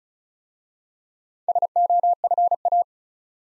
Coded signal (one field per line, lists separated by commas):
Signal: Morse code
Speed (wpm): 36 wpm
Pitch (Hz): 700 Hz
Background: none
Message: SOFA